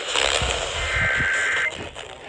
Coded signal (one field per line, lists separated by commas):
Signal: Emergency Alert System (SAME) tones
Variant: header bursts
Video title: Slightly Busted: EAS Alerts From 8/18/24 (EAS #3296-3341)